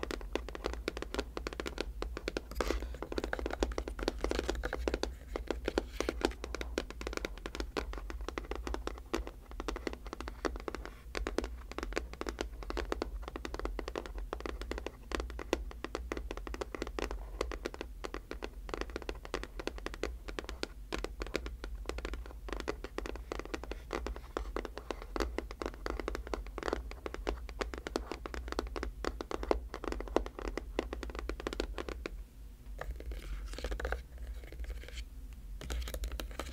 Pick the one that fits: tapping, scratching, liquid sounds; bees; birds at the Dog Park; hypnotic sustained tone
tapping, scratching, liquid sounds